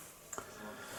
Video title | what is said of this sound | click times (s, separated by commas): AIRFIX 2022 NEW SPITFIRE 1/24 build final day! - 1080p HD | and it can click into place in there | 0.3 s, 0.4 s